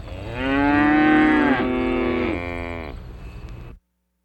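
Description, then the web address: Cow moo: one loud drawn-out bellow that breaks into quieter continuing moos before cutting off abruptly. Several cows in a country setting. "SFXSource AOS Cows Country Chillin"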